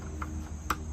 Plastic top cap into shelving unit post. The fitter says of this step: just click into place. Okay.